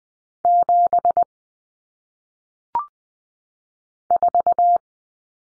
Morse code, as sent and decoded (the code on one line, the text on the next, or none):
--... / ....-
7 4